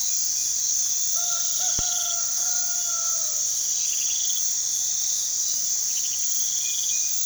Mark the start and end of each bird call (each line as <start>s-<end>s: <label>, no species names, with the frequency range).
6.59s-7.14s: bird call (1.9-2.7 kHz)